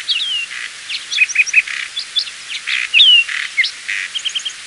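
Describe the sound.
Lark sparrow song: a jumbled run of sweet whistled slurs, clicks and harsh buzzy notes, with a falling whistle and short trills mixed through.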